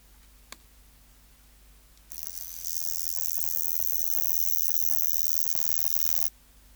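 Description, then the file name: Grasshopper song: a click, then a high buzz that starts softly, steps up in loudness, and sizzles for about four seconds before ending abruptly. "Stenobothrus rubicundulus"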